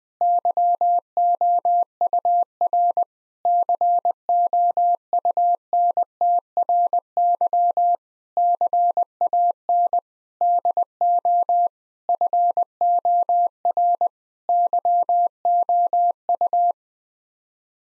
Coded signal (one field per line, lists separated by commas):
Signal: Morse code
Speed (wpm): 20 wpm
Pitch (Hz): 700 Hz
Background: none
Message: YOUR COUNTRY CAN DO FOR YOU